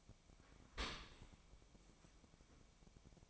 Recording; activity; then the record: daily activity, microphone in the room; open dishwasher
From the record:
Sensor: 1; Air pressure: 1003.1 hPa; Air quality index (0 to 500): 196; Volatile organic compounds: 6 ppm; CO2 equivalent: 1873 ppm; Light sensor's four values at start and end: 18/45/19/22 and 18/45/19/22